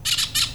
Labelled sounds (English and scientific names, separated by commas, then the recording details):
Brown-throated Parakeet (Eupsittula pertinax) contact call
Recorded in Venezuela
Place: Cerro Saroche, Hato Dalmatela, Edo. Lara
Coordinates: 10.149, -69.534